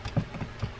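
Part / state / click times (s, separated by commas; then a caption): harness lug onto fishing reel side plate / not seated / none. A metal harness lug is handled against the side plate of a Daiwa Sealine 600H large saltwater trolling reel during reassembly. Soft, low knocks and handling taps are heard, with the sharpest one at about 0.2 s. Nothing has seated or clicked yet.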